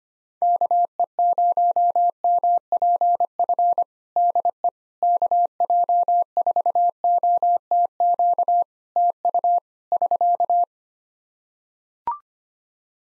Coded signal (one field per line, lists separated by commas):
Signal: Morse code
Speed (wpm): 25 wpm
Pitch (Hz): 700 Hz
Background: none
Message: KE0MPF DE KJ4OTQ TU <SK>